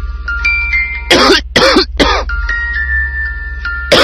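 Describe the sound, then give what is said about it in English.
A person coughs harshly in a quick cluster of three rough bursts, pauses, then coughs once more, with a faint steady electronic tone humming underneath. “When coughing won't let you sleep, take Synecdoche.”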